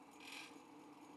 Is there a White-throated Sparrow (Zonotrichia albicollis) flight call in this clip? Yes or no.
no